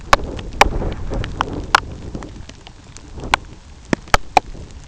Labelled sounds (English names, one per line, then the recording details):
none
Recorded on Arctic tundra, site UTQI-2, on 13 June 2019
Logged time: 12:00